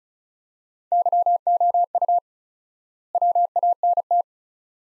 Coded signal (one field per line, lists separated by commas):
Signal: Morse code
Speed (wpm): 36 wpm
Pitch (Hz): 700 Hz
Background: none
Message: YOU WANT